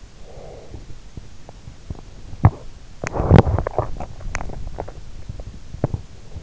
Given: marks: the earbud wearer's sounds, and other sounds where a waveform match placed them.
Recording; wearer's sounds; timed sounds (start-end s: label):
sounds in sleep by an in-ear microphone; breath, teeth grinding
0.20-0.95 s: breath
1.16-6.43 s: teeth grinding